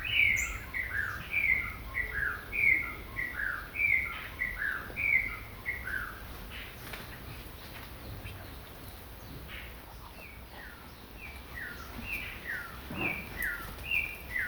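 Eastern whip-poor-will repeating its clear whistled three-note phrase in a steady run, fading for several seconds midway before the phrases return more softly.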